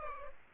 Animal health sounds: mosquito wingbeat signal from an infrared sensor; Culex pipiens

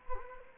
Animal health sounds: mosquito wingbeat signal from an infrared sensor; Culex quinquefasciatus

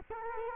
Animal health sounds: mosquito wingbeat signal from an infrared sensor; Culex quinquefasciatus

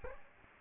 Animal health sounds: mosquito wingbeat signal from an infrared sensor; Aedes aegypti

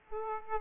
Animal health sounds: mosquito wingbeat signal from an infrared sensor; Aedes aegypti

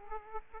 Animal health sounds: mosquito wingbeat signal from an infrared sensor; Aedes aegypti

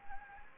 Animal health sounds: mosquito wingbeat signal from an infrared sensor; Anopheles gambiae

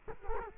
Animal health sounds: mosquito wingbeat signal from an infrared sensor; Culex quinquefasciatus

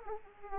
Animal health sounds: mosquito wingbeat signal from an infrared sensor; Aedes aegypti

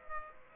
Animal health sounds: mosquito wingbeat signal from an infrared sensor; Aedes aegypti

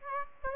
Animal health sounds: mosquito wingbeat signal from an infrared sensor; Aedes aegypti

